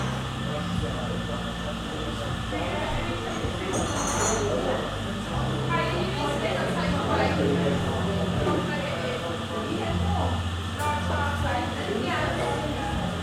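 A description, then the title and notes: Lively overlapping chatter fills a coffee shop over a steady low hum, with a bright clink of cups near four seconds and another later. Cozy Coffee Shop Ambiance. The bustling ambiance of an English seaside town coffee shop. This binaural field recording captures the vibrant atmosphere of a busy coffee shop.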